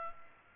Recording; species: mosquito wingbeat signal from an infrared sensor; Culex pipiens